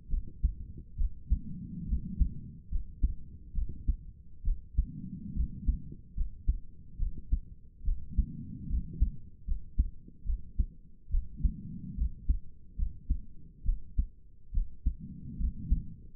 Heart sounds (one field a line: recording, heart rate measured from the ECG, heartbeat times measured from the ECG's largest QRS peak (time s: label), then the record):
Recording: heart sounds by stethoscope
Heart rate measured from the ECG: 71 bpm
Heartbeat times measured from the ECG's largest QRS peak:
0.10 s: heartbeat
0.97 s: heartbeat
1.88 s: heartbeat
2.71 s: heartbeat
3.54 s: heartbeat
4.44 s: heartbeat
5.35 s: heartbeat
6.16 s: heartbeat
6.98 s: heartbeat
7.84 s: heartbeat
8.69 s: heartbeat
9.47 s: heartbeat
10.26 s: heartbeat
11.11 s: heartbeat
11.97 s: heartbeat
12.77 s: heartbeat
13.65 s: heartbeat
14.53 s: heartbeat
15.39 s: heartbeat
From the record:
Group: healthy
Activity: rest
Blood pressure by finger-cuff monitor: 79/53 mmHg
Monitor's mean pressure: 63 mmHg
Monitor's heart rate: 71 bpm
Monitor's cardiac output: 5.7 L/min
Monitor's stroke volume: 80 mL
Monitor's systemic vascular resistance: 800 dyn s/cm5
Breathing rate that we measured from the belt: 18 breaths a minute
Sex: female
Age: 22 years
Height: 163 cm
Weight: 67.1 kg